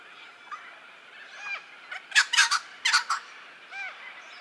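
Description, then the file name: Wattlebird calls: harsh, broad rasping bursts around two to three seconds, with thin rising and falling whistled notes before and after, over faint background hiss. "Anthochaera"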